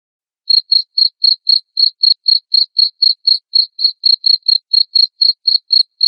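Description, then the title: Cricket starts after a half-second of quiet and then keeps up short, high-pitched chirps at a brisk, even beat. Loud cricket chirping used to prompt lovebirds into continuous ngekek chattering song. "Suara JANGKRIK NGERIK Keras Bikin LOVEBIRD Jadi NGEKEK Terus Vubey"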